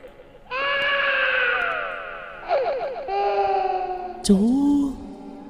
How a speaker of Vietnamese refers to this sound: Bỗng nhiên là có tiếng khóc. Là có tiếng khóc.